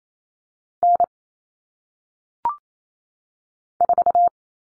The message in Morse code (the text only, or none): N 4